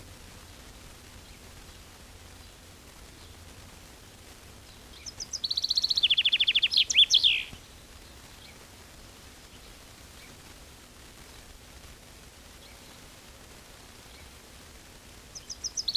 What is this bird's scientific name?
Fringilla coelebs